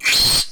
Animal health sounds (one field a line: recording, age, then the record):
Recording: pig call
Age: piglet (1 to 25 days)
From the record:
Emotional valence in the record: negative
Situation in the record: restrain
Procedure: sham castration, cut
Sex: male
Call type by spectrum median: high-frequency call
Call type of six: high-frequency modulated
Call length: 0.51 s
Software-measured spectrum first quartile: 3226 Hz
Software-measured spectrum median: 4313 Hz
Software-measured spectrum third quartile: 6332 Hz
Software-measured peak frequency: 4252 Hz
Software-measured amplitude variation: 112 dB a second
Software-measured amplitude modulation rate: 16.6 a second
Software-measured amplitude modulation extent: 6.8 dB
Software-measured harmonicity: 5.0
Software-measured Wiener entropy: -2.09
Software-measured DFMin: 804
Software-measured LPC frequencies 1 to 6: 950, 2374, 3296, 4225, 5263, 6640 Hz